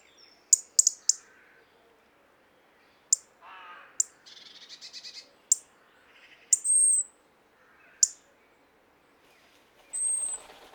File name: Erithacus rubecula